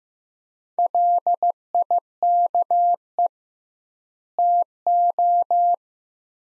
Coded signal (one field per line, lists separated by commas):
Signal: Morse code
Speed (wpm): 15 wpm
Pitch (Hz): 700 Hz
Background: none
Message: LIKE TO